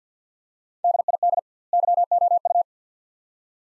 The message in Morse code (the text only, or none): DID YOU